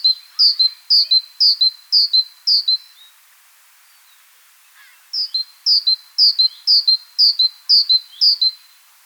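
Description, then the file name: Great tit calling in a series of bright, downslurred notes, about two per second, then a pause and another run of about seven notes. "Parus major"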